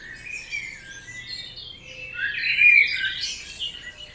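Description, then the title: Birds in a dawn chorus, overlapping high chirps and trills from several singers, swelling louder midway. Dawn chorus recorded at 4am in Oberhofen, Inntal, Austria; binaural recording, best heard with headphones. "Birds Oberhofen Inntal Austria - 4am - binaural version"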